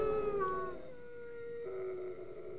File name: Howls Growls - Coyote Yip Howls and Wolf Chorus Howls